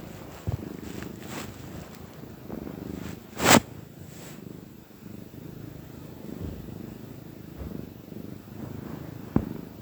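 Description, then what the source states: Domestic cat purring softly and low, broken by a sudden loud rustling burst midway and a couple of sharp clicks. Happy domestic cat purring.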